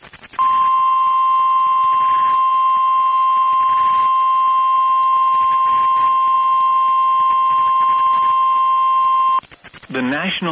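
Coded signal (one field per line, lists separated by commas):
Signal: Emergency Alert System (SAME) tones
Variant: 1050 Hz attention tone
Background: speech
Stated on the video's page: Severe thunderstorm warning heard via online NOAA Weather Radio stream.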